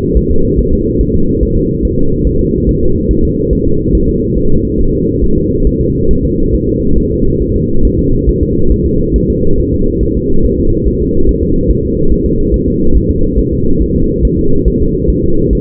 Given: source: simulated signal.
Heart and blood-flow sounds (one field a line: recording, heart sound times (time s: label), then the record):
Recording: fetal heart sounds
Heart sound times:
0.17 s: S1
0.31 s: S2
0.59 s: S1
0.73 s: S2
1.01 s: S1
1.15 s: S2
1.43 s: S1
1.57 s: S2
1.85 s: S1
1.99 s: S2
2.27 s: S1
2.41 s: S2
2.69 s: S1
2.83 s: S2
3.11 s: S1
3.25 s: S2
3.53 s: S1
3.67 s: S2
3.95 s: S1
4.09 s: S2
4.38 s: S1
4.52 s: S2
4.81 s: S1
4.94 s: S2
5.24 s: S1
5.38 s: S2
5.67 s: S1
5.81 s: S2
6.11 s: S1
6.25 s: S2
6.55 s: S1
6.69 s: S2
6.98 s: S1
7.12 s: S2
7.42 s: S1
7.56 s: S2
7.85 s: S1
7.99 s: S2
8.29 s: S1
8.43 s: S2
8.72 s: S1
8.86 s: S2
9.16 s: S1
9.30 s: S2
9.60 s: S1
9.74 s: S2
10.03 s: S1
10.17 s: S2
10.45 s: S1
10.59 s: S2
10.88 s: S1
11.02 s: S2
11.29 s: S1
11.43 s: S2
11.71 s: S1
11.85 s: S2
12.12 s: S1
12.26 s: S2
12.54 s: S1
12.68 s: S2
12.97 s: S1
13.11 s: S2
13.39 s: S1
13.53 s: S2
13.82 s: S1
13.96 s: S2
14.25 s: S1
14.39 s: S2
14.68 s: S1
14.82 s: S2
15.10 s: S1
15.24 s: S2
15.53 s: S1
From the record:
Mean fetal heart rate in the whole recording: 140 bpm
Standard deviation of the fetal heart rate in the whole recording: 2 bpm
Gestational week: 34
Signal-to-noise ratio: -17.7 dB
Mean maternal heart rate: 72 bpm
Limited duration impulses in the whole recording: present